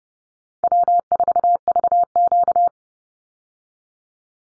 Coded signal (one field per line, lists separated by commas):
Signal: Morse code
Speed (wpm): 30 wpm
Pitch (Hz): 700 Hz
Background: none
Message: W4VQ